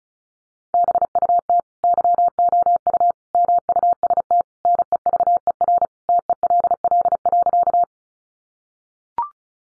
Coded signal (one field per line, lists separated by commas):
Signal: Morse code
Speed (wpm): 34 wpm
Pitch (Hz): 700 Hz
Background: none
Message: BUT YOU MUST NEVER TELL.